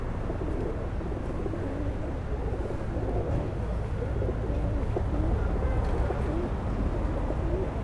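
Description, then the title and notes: Several pigeons coo in dense, bubbling low phrases, one after another, over a continuous low rumble. Pigeons feeding at Place Georges Clemenceau, Aix-les-Bains, France; recorded on a Zoom H4n Pro placed on the ground. "39 Pl. Georges Clemenceau, 73100 Aix-les-Bains, France - Repas des pigeons. Le repas des pigeons. ZoomH4npro posé au sol"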